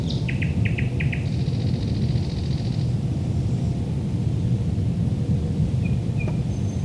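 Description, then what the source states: Thrush nightingale song: a few sharp chopping notes followed by a long dry buzzy rattle, then quiet whistles, over continuous low rumble. Recorded at Lohne in 2010.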